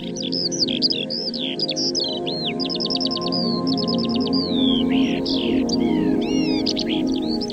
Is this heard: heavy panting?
no